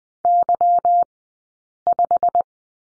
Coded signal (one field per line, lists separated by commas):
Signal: Morse code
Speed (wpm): 20 wpm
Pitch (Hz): 700 Hz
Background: none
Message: Y5